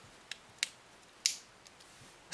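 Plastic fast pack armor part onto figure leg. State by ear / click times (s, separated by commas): seated / 1.3 s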